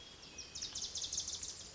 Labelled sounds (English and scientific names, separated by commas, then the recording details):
Wilson's Warbler (Cardellina pusilla)
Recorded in Sonoma County, California